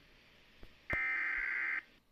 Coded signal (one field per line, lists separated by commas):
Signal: Emergency Alert System (SAME) tones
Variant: header bursts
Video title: (EAS #43) Severe Thunderstorm Watch 7/3/2019